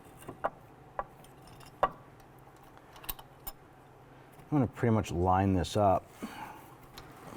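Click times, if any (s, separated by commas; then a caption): none. A metal hold-down spring clip for the parking brake shoe on a 2011–2017 Honda Odyssey is picked up and lined up over its retaining pin before installation. Short metallic jangles and taps are heard while someone talks. Nothing has locked into place yet.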